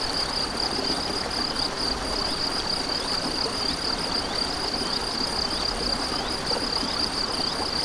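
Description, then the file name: Continuous high cricket trilling with rhythmic pulses, over a constant hiss of running water. Crickets recorded beside a stream on 7 May 2014 with an MZ-N710 recorder. "MZ-N 710 Ruisseau et grillons 7 05 14"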